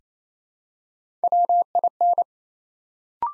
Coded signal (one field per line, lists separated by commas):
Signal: Morse code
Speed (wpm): 28 wpm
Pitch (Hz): 700 Hz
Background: none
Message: WIN